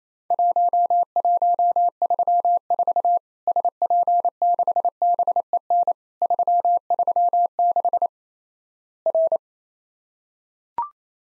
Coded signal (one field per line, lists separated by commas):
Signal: Morse code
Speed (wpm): 28 wpm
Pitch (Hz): 700 Hz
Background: none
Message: 1134 SP6BEN 336 R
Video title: Worked All Europe DX Contest QTC Exchange with Repeats 28wpm